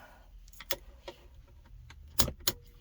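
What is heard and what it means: A metal sun visor mounting clip on a 2007-2011 Toyota Camry is pushed up through the roof panel opening into the headliner bracket with a flathead screwdriver, making a series of sharp hits with a click at 2.5 s. The clip clicks but is not fully through.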